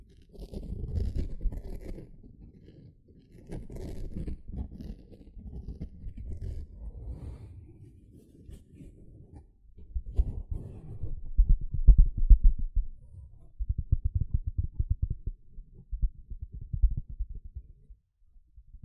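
A sponge is worked with low, soft squishing and rubbing strokes, mostly muffled and deep. The first half has slower, rounded swells of pressing; after about ten seconds the strokes turn into quicker, denser scratchy brushing that continues in bursts to the end.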